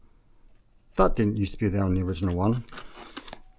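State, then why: Seated. The foam vertical stabilizer of a Heewing T1 FPV VTOL model plane is pushed onto the tail boom mount while someone talks. After the speech, a short sharp click is heard at 3.2 seconds, followed by a couple of faint ticks. The fin locks in place.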